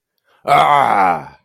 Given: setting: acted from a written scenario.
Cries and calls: vocal sound without words; anger

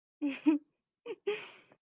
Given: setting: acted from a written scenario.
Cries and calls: vocal sound without words; romantic love

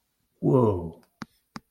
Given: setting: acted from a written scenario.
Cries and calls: vocal sound without words; awe

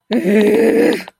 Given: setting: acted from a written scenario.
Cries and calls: vocal sound without words; anger

